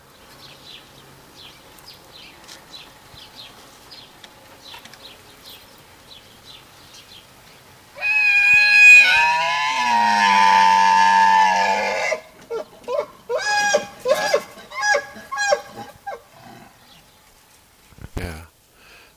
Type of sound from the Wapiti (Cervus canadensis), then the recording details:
call. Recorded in captivity. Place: Tierpark Berlin, Berlin, DE. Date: 1983-10-01 10:55. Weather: sunny, 3-10 °C, light winds. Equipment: Nagra SN, Kopie Uher 4000 Report Monitor. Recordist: Tembrock, Günter. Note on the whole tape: Altai-Maral: Dehnungslaute, Lautfolgen (Pfleger in Nähe)